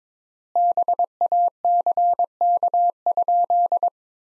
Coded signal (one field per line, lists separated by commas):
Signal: Morse code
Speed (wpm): 22 wpm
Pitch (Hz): 700 Hz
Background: none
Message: BACK?